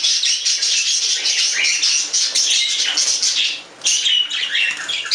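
Budgerigar chatter, steady dense scratchy warbling with a short lull before a fresh burst of squeaky notes.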